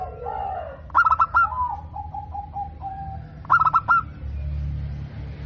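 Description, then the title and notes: Dove song: two clusters of rapid stuttering coos a little over two seconds apart, the first followed by a row of short level notes, with low rumbling noise at the end. Local bird, described as singing readily and with a clear, loud, crystal-toned voice. "PERKUTUT LOKAL GACOR Suara KRISTAL LANTANG. Kicau Burung Perkutut"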